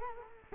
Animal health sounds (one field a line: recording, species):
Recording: mosquito wingbeat signal from an infrared sensor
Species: Culex quinquefasciatus